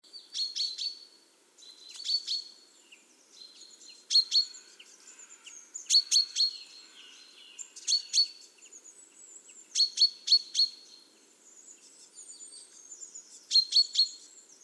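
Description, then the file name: Common chaffinch calling, sharp ringing notes in quick pairs or triplets, repeated in several bursts, with soft high notes between bursts. "Fringilla coelebs"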